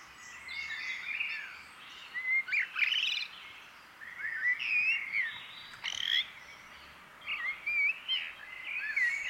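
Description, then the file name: Common blackbird giving several short warbled, fluty whistled phrases over steady background noise. "Turdus merula"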